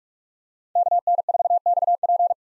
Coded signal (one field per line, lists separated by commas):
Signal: Morse code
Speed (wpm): 41 wpm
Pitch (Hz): 700 Hz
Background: none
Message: KN4XP